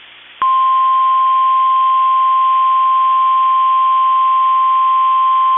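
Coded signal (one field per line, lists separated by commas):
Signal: Emergency Alert System (SAME) tones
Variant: 1050 Hz attention tone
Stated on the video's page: Statewide tornado drill SAME tones for Minnesota and Wisconsin, relayed by NOAA weather radio station KEC65, evening drill.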